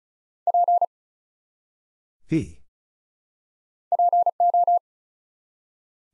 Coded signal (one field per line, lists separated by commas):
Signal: Morse code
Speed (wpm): 36 wpm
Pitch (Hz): 700 Hz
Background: none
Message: P PO